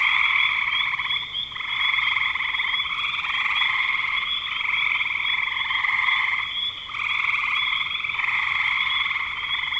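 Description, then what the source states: Frogs in full chorus, a steady high trilling mass broken by a few short dips where some callers pause before resuming. Frogs calling in spring 2025.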